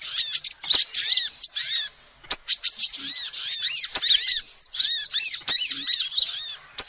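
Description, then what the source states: Lovebirds squeak and chirp in quick high bursts, a short quiet gap after two seconds, then dense chatter resumes with clicks. Lovebird calls used as a lure to trap birds.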